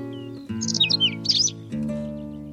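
Whinchat twittering: a quick burst of scratchy high chirps and short down-slurred whistles over steady background tones.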